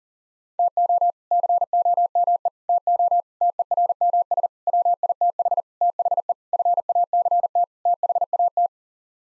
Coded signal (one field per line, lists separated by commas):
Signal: Morse code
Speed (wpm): 40 wpm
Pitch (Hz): 700 Hz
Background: none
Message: TO COME TO TERMS WITH THE FACT THAT